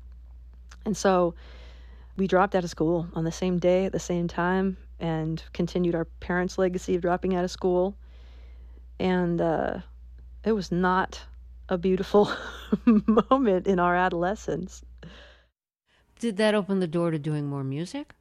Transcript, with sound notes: And so we dropped out of school on the same day at the same time and continued our parents' legacy of dropping out of school. And it was not a beautiful (laughter) moment in our adolescence.
Did that open the door to doing more music?